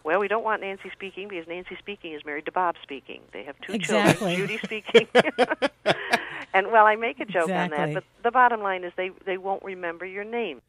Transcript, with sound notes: "Well, we don't want 'Nancy speaking' because Nancy Speaking is married to Bob Speaking. They have two children, Judy Speaking (laughter)
"Exactly!"
"Well, I make a joke on that, but the bottom line is they won't remember your name."